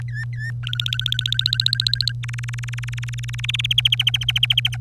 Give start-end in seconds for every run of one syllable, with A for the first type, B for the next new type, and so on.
0.08-0.51 A, 0.63-2.12 B, 2.23-3.73 C, 3.77-4.76 D